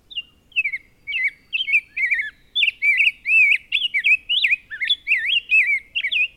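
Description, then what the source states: Rose-breasted grosbeak song: a long run of warbled, whistled phrases with only short gaps between them, rising and falling quickly throughout. Song of long sentences with a richer, fuller tone than the robin's; the phrases run together rather than breaking into three-syllable words.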